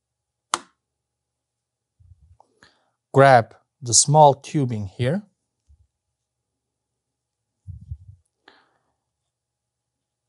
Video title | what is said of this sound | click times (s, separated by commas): How to open the phaco pack & install the tubing set - Faros - #001 | press it down until you hear the click | 0.5 s